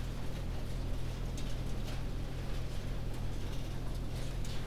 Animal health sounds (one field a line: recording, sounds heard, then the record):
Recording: poultry house recording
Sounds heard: no chicken sound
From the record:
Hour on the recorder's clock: 20